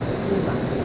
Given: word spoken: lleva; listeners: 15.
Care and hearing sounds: one Spanish word in noise, from a listening test; speech-shaped noise; -4.3 dB; 0 of 15; 7 of 15; 0.45 s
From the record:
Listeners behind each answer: 7, 2, 2, 1, 1, 1, 1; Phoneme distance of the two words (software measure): 17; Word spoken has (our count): 2 syllables, 4 phonemes, stress on syllable 1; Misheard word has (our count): 2 syllables, 3 phonemes, stress on syllable 1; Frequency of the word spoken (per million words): 137.30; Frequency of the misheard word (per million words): 9.75

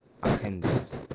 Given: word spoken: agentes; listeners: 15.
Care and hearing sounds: one Spanish word in noise, from a listening test; noise modulated by one talker; -9.2 dB; 4 of 15; 10 of 15; 0.75 s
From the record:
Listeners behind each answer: 10, 4, 1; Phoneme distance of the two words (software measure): 20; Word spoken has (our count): 3 syllables, 7 phonemes, stress on syllable 2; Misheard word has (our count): 3 syllables, 7 phonemes, stress on syllable 2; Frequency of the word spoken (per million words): 69.42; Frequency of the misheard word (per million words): 1.46

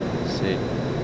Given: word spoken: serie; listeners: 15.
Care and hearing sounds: one Spanish word in noise, from a listening test; speech-shaped noise; -4.7 dB; 0 of 15; 6 of 15; 0.64 s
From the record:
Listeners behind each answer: 6, 4, 1, 1, 1, 1, 1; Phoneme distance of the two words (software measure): 21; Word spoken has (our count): 2 syllables, 5 phonemes, stress on syllable 1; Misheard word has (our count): 1 syllable, 2 phonemes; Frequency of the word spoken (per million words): 168.30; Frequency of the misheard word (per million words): 13257.31

